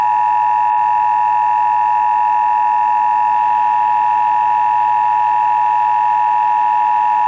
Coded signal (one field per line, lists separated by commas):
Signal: Emergency Alert System (SAME) tones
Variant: 853 and 960 Hz attention tone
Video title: George Droyd critical failure. 11.09.1986. EAS Broadcast.